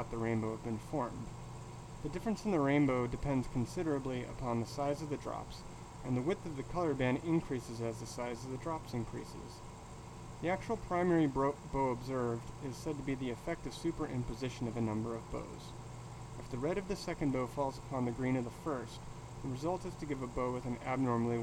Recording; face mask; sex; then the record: reading aloud; surgical mask; male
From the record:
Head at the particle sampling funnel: tilted down, bridge of the nose in front of it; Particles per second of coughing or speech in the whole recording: 0.515